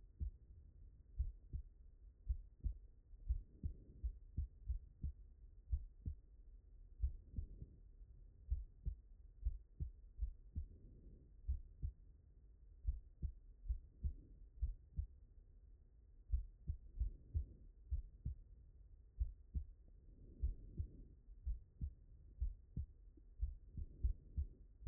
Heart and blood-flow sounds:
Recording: heart sounds by stethoscope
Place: mitral valve (MV)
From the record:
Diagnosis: non-HFrEF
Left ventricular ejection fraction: 62%

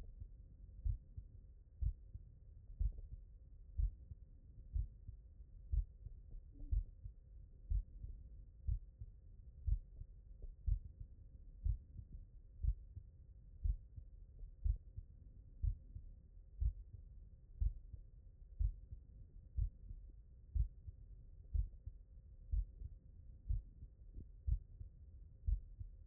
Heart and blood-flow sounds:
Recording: heart sounds by stethoscope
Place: mitral valve (MV)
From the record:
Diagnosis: non-HFrEF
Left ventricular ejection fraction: 56%

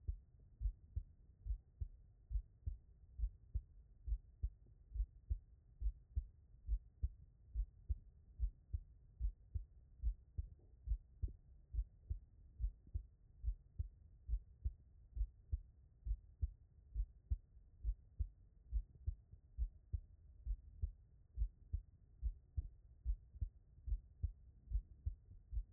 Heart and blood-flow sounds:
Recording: heart sounds by stethoscope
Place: tricuspid valve (TV)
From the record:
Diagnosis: non-HFrEF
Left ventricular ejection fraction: 74%

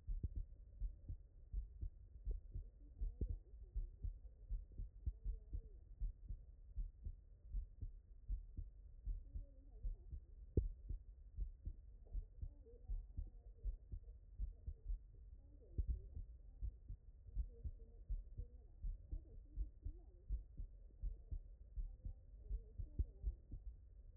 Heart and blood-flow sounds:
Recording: heart sounds by stethoscope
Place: tricuspid valve (TV)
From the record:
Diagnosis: HFrEF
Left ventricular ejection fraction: 34%

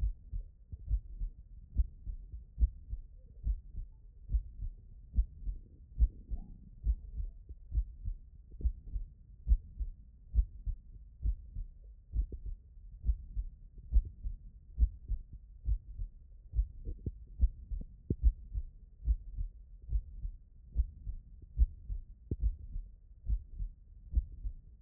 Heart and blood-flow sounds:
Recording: heart sounds by stethoscope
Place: tricuspid valve (TV)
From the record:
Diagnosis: non-HFrEF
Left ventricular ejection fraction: 60%

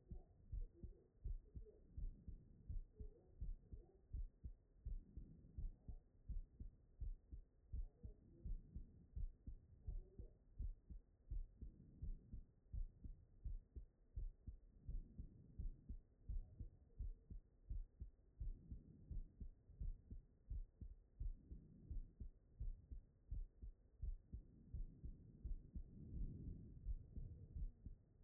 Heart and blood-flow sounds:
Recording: heart sounds by stethoscope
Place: tricuspid valve (TV)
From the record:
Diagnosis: non-HFrEF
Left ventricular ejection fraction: 71%

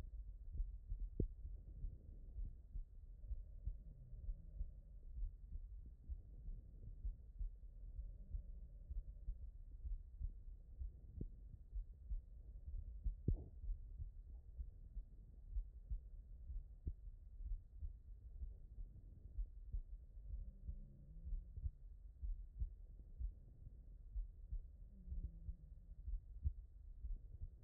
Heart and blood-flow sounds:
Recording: heart sounds by stethoscope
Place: tricuspid valve (TV)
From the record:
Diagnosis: HFrEF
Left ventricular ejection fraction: 36%

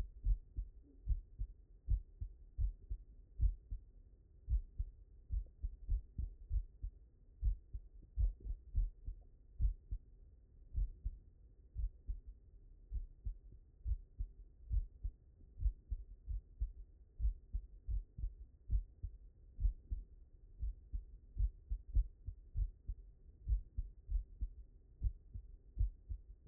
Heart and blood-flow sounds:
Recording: heart sounds by stethoscope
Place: mitral valve (MV)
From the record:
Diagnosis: non-HFrEF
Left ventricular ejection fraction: 67%

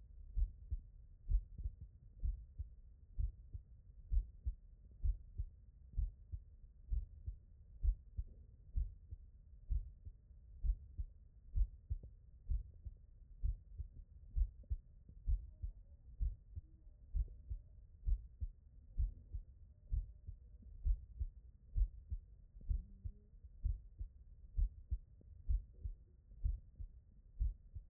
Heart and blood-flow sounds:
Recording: heart sounds by stethoscope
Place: mitral valve (MV)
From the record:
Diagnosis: non-HFrEF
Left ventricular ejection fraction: 67%

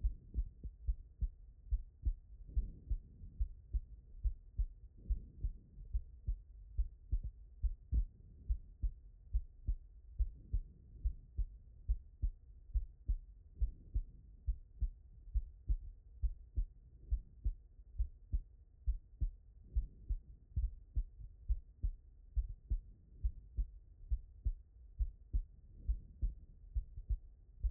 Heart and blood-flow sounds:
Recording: heart sounds by stethoscope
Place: pulmonary valve (PV)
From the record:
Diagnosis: non-HFrEF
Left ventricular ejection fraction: 62%

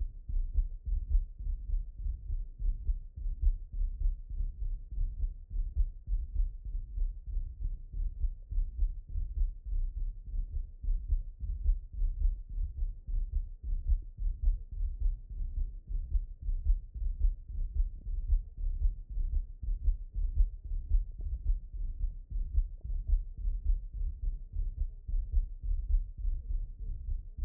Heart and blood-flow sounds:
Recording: heart sounds by stethoscope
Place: tricuspid valve (TV)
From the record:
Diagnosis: non-HFrEF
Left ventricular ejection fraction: 44%

